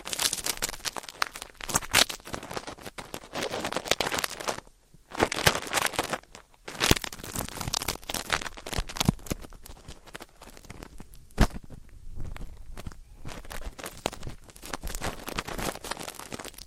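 Ear cleaning, a dense stream of scratchy rustles and crackles with bright, papery detail. Bursts come in irregular clusters with brief near-silent gaps around five and ten seconds, and a sharp louder scrape stands out near eleven seconds.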